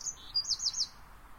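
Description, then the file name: Eurasian wren song fragment: a few thin, high notes followed by a quick series of about three looping trilled notes, then brief quiet hiss. "Troglodytes troglodytes"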